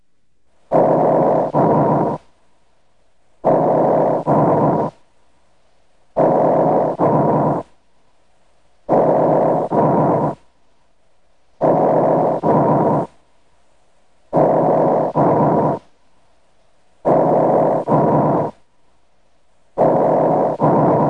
Tracheal and mainstem bronchi breath sounds. Normal breath sounds heard over the trachea and mainstem bronchi are produced by turbulent airflow patterns. These breath sounds are described as tubular or hollow and harsh.